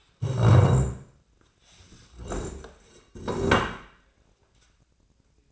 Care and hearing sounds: daily activity, microphone in the room; stand up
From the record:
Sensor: 2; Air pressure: 1012.1 hPa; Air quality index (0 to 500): 161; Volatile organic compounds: 2 ppm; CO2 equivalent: 1182 ppm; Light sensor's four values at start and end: 61/142/64/74 and 74/165/78/94

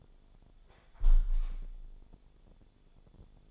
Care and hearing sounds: daily activity, microphone in the room; close window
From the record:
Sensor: 5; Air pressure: 1014.9 hPa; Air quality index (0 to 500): 105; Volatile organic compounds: 2 ppm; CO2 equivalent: 1131 ppm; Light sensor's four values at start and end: 35/81/33/31 and 35/81/33/31

